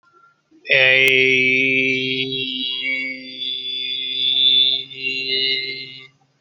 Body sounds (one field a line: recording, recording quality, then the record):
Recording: sustained vowel as in made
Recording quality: excellent, no background noise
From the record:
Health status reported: healthy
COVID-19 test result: not tested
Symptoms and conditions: none ticked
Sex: male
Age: 21 years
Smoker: not ticked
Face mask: not worn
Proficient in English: no